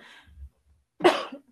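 One sharp, explosive adult female cough after a soft breath, with a brief fading tail in a quiet room.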